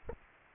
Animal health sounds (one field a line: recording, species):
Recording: mosquito wingbeat signal from an infrared sensor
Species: Aedes aegypti